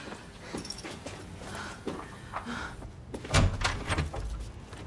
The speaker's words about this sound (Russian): Открывается дверь. Преступник перед собой видит цветы с надписью. В комнату входит Гастон с цветами.